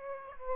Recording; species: mosquito wingbeat signal from an infrared sensor; Aedes aegypti